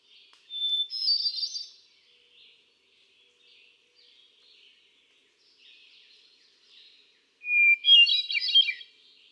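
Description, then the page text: Hermit thrush song: a clear held opening note followed by a fluty, rippling flourish, then a pause of several seconds before another phrase begins on a lower note. Male singing on 13 June 2006 at Quabbin Park, Ware, Massachusetts, United States; cycles through a repertoire of about ten different songs. "Birdsong for the Curious Naturalist. Hermit thrush"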